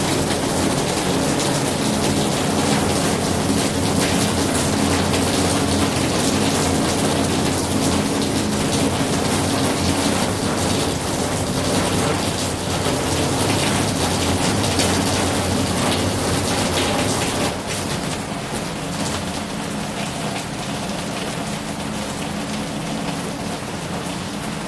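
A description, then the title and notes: Steady, dense rain hisses throughout with a low rumble underneath, easing slightly in loudness around eighteen seconds and continuing evenly. 雨伴｜rain beside you.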